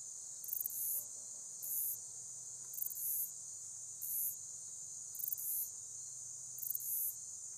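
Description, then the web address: Woodland meadow katydid giving a steady, very high hissing buzz, broken by short bursts of ticking roughly every second. North America. "Songs of Insects. Woodland Meadow Katydid"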